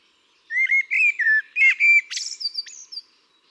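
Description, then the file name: Eurasian blackbird singing a flowing phrase of clear, fluty whistles that ends in a high, thin twittering trail. "Turdus merula"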